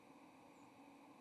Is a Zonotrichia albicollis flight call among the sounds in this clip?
yes